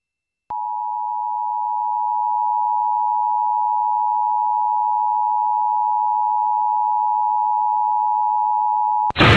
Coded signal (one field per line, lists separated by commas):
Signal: Emergency Alert System (SAME) tones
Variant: 853 and 960 Hz attention tone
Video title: 103.5 KTU | WKTU Lake Success, NY Legal/TOTH ID + EAS Test (1/5/22)